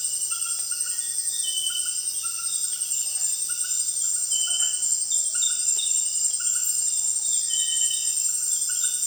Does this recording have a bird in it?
no